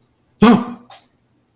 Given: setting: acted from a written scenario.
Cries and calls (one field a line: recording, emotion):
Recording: vocal sound without words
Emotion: negative surprise